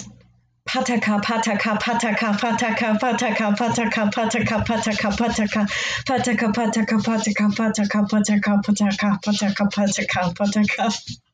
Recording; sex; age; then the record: repeated syllables /pa ta ka/; female; 20 to 29 years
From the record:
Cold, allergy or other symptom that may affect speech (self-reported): no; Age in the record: 24 years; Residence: Idaho, United States